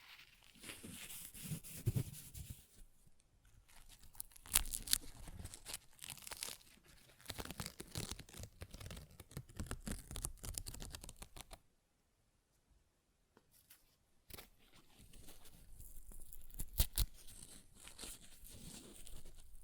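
Paper is ripped and torn in a series of rough, crackling bursts, with sharp snaps near 4.5, 5 and 17 seconds. The tearing runs fairly densely, then stops for a near-silent gap around 12 to 14 seconds before resuming with steadier crinkling.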